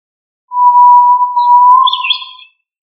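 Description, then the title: Tinamou whistle: one long, steady, pure note held for about two seconds, ending in a brief burst of higher chirpy notes. "Familia Tinamidae - Quail - Puyuh"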